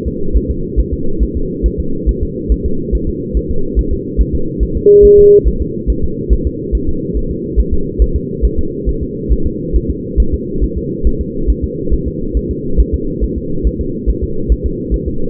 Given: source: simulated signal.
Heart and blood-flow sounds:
fetal heart sounds
0.08 s: S2
0.37 s: S1
0.51 s: S2
0.80 s: S1
0.94 s: S2
1.23 s: S1
1.37 s: S2
1.66 s: S1
1.80 s: S2
2.09 s: S1
2.23 s: S2
2.52 s: S1
2.66 s: S2
2.95 s: S1
3.09 s: S2
3.37 s: S1
3.51 s: S2
3.79 s: S1
3.93 s: S2
4.21 s: S1
4.35 s: S2
4.63 s: S1
4.77 s: S2
5.05 s: S1
5.19 s: S2
5.48 s: S1
5.62 s: S2
5.90 s: S1
6.04 s: S2
6.33 s: S1
6.47 s: S2
6.75 s: S1
6.89 s: S2
7.17 s: S1
7.31 s: S2
7.59 s: S1
7.73 s: S2
8.02 s: S1
8.16 s: S2
8.45 s: S1
8.59 s: S2
8.89 s: S1
9.03 s: S2
9.33 s: S1
9.47 s: S2
9.76 s: S1
9.90 s: S2
10.20 s: S1
10.34 s: S2
10.64 s: S1
10.78 s: S2
11.07 s: S1
11.21 s: S2
11.50 s: S1
11.64 s: S2
11.94 s: S1
12.08 s: S2
12.37 s: S1
12.51 s: S2
12.80 s: S1
12.94 s: S2
13.24 s: S1
13.38 s: S2
13.67 s: S1
13.81 s: S2
14.09 s: S1
14.23 s: S2
14.52 s: S1
14.66 s: S2
14.94 s: S1
15.08 s: S2
From the record:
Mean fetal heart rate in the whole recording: 140 bpm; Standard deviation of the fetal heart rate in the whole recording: 2 bpm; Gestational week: 34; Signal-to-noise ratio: -8.1 dB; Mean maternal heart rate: 72 bpm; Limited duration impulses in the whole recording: present

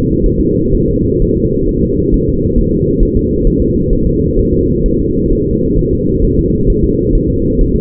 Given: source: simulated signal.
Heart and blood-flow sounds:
fetal heart sounds
0.26 s: S1
0.41 s: S2
0.75 s: S1
0.89 s: S2
1.22 s: S1
1.37 s: S2
1.69 s: S1
1.83 s: S2
2.14 s: S1
2.28 s: S2
2.59 s: S1
2.73 s: S2
3.03 s: S1
3.17 s: S2
3.47 s: S1
3.62 s: S2
3.93 s: S1
4.07 s: S2
4.39 s: S1
4.53 s: S2
4.86 s: S1
5.00 s: S2
5.33 s: S1
5.47 s: S2
5.79 s: S1
5.93 s: S2
6.25 s: S1
6.39 s: S2
6.70 s: S1
6.84 s: S2
7.15 s: S1
7.30 s: S2
7.61 s: S1
7.76 s: S2
From the record:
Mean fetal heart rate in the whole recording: 130 bpm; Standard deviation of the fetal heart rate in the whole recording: 4 bpm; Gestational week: 38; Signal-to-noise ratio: -10.2 dB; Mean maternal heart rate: 72 bpm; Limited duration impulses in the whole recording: present

